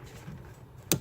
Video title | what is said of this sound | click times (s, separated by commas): DIY - how to repair brake Light - repair brake light - how to replace brake light - fix brake light. | put it right back in like this and there's only one way are you just gonna clip right in and | 0.9 s